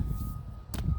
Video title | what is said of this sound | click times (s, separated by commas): Onesport OT18 Review - Budget EBike | you'll hear that click, make sure it doesn't move. | 0.7 s, 0.8 s